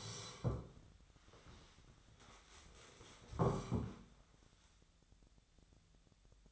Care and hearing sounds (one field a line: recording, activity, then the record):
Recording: daily activity, microphone in the room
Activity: sit down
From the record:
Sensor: 3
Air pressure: 1015.2 hPa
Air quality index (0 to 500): 174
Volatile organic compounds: 15 ppm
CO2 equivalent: 2496 ppm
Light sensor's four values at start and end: 14/38/15/16 and 14/38/15/16